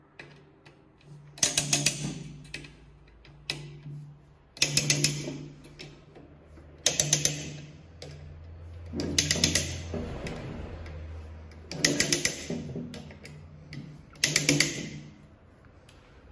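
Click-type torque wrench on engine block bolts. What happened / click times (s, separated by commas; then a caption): Torque wrench clicks at set value on each bolt / 1.6 s, 1.9 s, 4.6 s, 7.1 s, 9.4 s, 14.5 s. A preset click-type torque wrench tightens engine block bolts on a Suzuki Grand Vitara after they were first snugged with an impact gun, giving a series of sharp ratcheting bursts, one per bolt. The wrench clicks at its set value at 1.6, 1.9, 4.6, 7.1, 9.4 and 14.5 seconds, and the torque tightening is finished.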